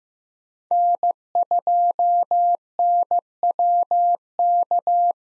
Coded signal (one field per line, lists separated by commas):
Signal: Morse code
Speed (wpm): 15 wpm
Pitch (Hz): 700 Hz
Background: none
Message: N2NWK